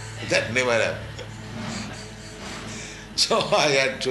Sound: laughing

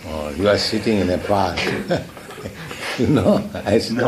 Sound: laughter

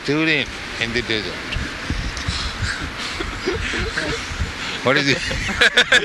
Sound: laughs

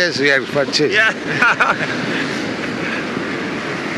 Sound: laughter

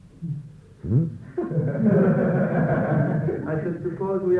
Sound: laughter

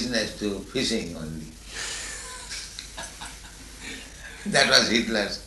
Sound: laughter

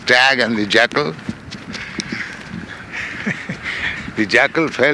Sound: chuckles

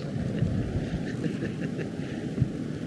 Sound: laughter

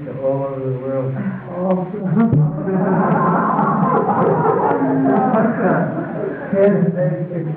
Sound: laughter

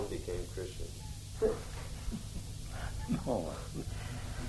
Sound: laughs

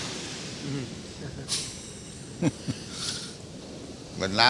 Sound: laughter

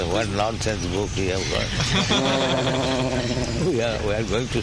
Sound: laughter

